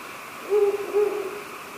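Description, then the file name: Ural owl giving two low hoots close together, the later one drawn out and fading slowly, over quiet constant hiss. "fukuro"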